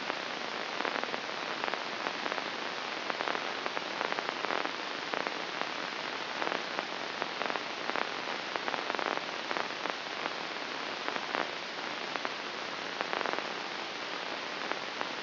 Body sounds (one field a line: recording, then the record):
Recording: brain microelectrode recording played as sound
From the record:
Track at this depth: inside the subthalamic nucleus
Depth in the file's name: 2.746 mm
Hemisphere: right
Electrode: 2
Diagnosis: Parkinson's disease